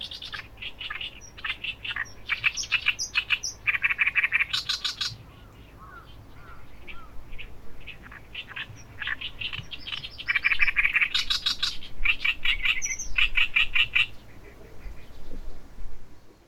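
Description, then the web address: Bird singing busy chirping phrases of rapid high notes in bursts, with a brief lull midway, over a low steady background hum. "yacho koe"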